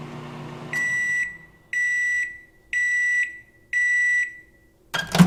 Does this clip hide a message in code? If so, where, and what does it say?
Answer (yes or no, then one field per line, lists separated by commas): no